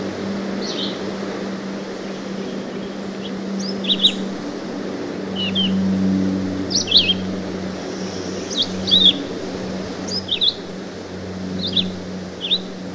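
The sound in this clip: Red-eyed vireo song: short slurred whistled phrases, each under half a second, repeated with brief pauses, over a steady low hum.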